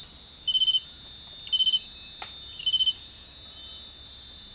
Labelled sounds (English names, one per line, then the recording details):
none
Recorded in dense forest near Puerto Asís, Putumayo, Colombia, on 21 February 2024 at 21:30
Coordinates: 0.500, -76.322
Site G6465